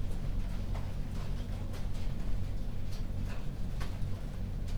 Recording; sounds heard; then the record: poultry house recording; no chicken sound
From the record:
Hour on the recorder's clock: 22